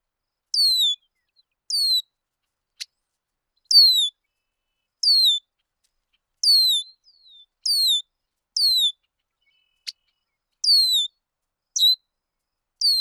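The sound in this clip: Bird calls: a long series of high, downward-sliding whistled notes, each under half a second, with occasional sharp clicks between.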